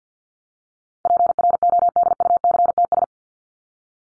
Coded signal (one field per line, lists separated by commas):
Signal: Morse code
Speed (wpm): 50 wpm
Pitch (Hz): 700 Hz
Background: none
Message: PRODUCTS